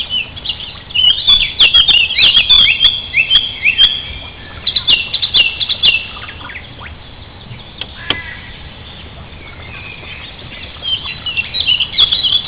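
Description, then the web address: Sparrows chirping in a busy, overlapping chorus of short bright notes, dense for the first half then sparser, with scattered single chips later. "moineaux oiseaux"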